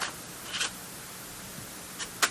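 A floppy disk is handled at a digital camera's drive slot, with a few brief scraping handling noises over a steady low hiss, the sharpest near the end. The clip ends just before the disk goes home in the slot, so nothing has seated or clicked yet.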